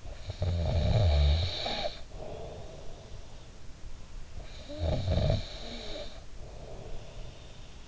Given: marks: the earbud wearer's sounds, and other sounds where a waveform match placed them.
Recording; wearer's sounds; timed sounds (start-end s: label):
sounds in sleep by an in-ear microphone; snoring breath
0.00-3.36 s: snoring breath
4.33-7.71 s: snoring breath